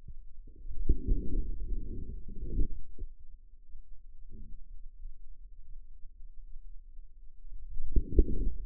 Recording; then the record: forearm muscle sounds (acoustic myography)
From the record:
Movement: outward rotation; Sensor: system 2, bracelet of six BSWA MPA416 microphones around the upper forearm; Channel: 6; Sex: male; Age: 22 years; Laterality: right